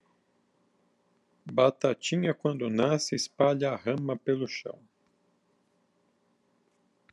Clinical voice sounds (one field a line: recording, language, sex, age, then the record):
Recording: short text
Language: Brazilian Portuguese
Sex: female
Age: 30 to 39 years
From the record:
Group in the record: control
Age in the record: 37 years